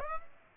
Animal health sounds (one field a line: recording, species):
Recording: mosquito wingbeat signal from an infrared sensor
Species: Aedes aegypti